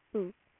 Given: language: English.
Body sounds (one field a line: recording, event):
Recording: throat vibration sensor signal played as sound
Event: speech